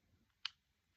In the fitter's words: when you load it push the magazine in and then you hear a click